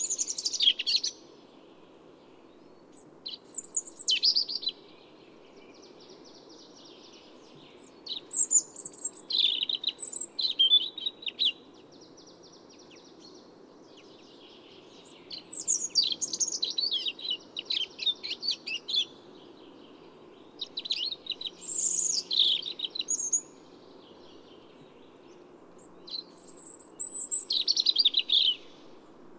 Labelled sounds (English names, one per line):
European Robin song